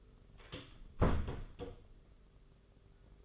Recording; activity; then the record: daily activity, microphone in the room; close door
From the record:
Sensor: 4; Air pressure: 991.2 hPa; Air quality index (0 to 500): 133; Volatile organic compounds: 47 ppm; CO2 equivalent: 3249 ppm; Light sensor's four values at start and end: 13/33/13/14 and 9/21/8/9